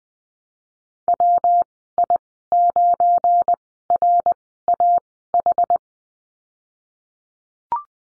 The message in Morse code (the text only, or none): WI9RAH